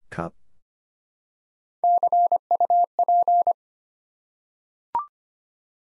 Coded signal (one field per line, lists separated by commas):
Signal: Morse code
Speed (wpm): 26 wpm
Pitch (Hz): 700 Hz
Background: none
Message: CUP